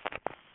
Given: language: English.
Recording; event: throat vibration sensor signal played as sound; swallow